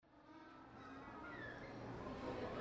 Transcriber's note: sounds of jackass penguins at aquarium